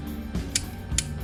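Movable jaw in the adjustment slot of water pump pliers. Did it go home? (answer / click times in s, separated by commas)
yes / 0.6 s, 1.0 s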